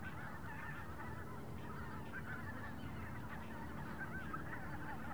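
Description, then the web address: Goose: many geese honking together, a thick, even chorus of brief calls above a constant low drone. Big flock passing overhead in an open field in Wendland, autumn, light wind. "Shaping Waves - WENDLAND AUTUMN. Wendland Autumn Open Field Big Goose Swarm Passing Overhead Light Wind"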